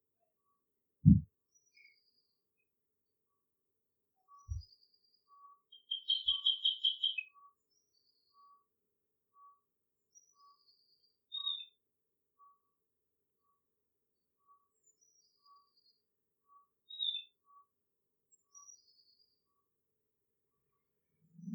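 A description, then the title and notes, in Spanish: A quiet riverside woodland soundscape with scattered bird calls: a short burst of rapid trilled notes near seven seconds, and thin high chirps here and there. A faint, regular ticking pulses steadily throughout, and a few low thumps land near one, four and twenty-one seconds. Paisaje sonoro: Bosque de ribera.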